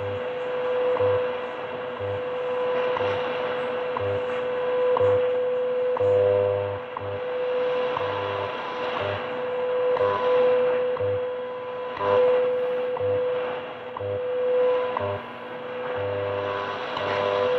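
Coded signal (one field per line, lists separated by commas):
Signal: radio time signal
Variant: WWV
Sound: steady 500 Hz tone broken by short clicks each second, low buzzing pulses underneath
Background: shortwave radio static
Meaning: Each tick marks one second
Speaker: Oh a pretty good signal here from WWV time signal from Boulder Colorado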